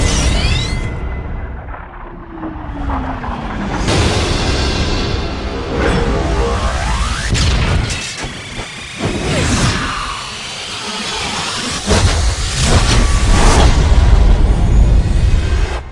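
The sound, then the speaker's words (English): A wind cannon powers up with a loud, sustained roar of rushing air and deep rumble, crossed by rising and falling whooshing sweeps that build in intensity toward the end. “Initiate phase one. Power up the breeze cannon.”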